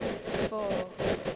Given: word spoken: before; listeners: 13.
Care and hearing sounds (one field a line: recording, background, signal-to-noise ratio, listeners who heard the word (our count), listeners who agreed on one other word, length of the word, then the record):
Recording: one English word in noise, from a listening test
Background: noise modulated by three-talker babble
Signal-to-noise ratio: -5.0 dB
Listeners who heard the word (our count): 1 of 13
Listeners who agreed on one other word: 6 of 13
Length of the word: 0.96 s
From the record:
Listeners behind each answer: 6, 4, 1, 1, 1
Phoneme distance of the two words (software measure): 14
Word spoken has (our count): 2 syllables, 4 phonemes, stress on syllable 2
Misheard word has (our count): 1 syllable, 2 phonemes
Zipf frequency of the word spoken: 5.88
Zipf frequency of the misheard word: 5.67